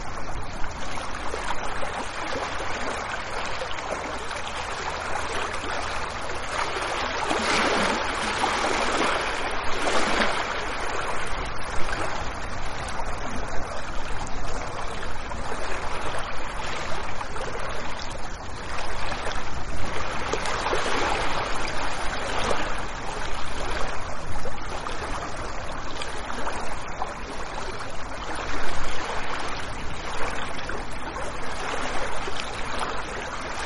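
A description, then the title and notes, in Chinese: Gentle sea waves wash in a steady, dense hiss of moving water that never fully drops away. Softer swells rise and fall, with fuller surges around 8 to 10 seconds and again near 21 seconds, and a brief splash close to 29 seconds. 自然音白噪音催眠-轻柔海浪声。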